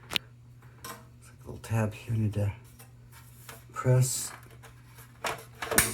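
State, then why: Seated. A tab on a Photontek X 600W Pro grow light bar is pressed into the fixture frame while someone talks. After small taps and handling noises, a sharp click at 5.8 s shows the tab seating home.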